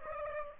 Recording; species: mosquito wingbeat signal from an infrared sensor; Aedes aegypti